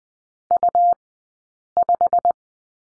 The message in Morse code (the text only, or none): U5